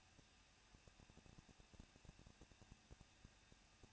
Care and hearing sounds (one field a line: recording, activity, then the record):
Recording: daily activity, microphone in the room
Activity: no activity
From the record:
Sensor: 2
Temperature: 21.0 degrees Celsius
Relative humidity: 37.3%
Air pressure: 1006.4 hPa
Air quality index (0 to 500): 220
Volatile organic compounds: 23 ppm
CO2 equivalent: 2778 ppm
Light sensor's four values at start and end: 2/3/2/2 and 2/3/2/2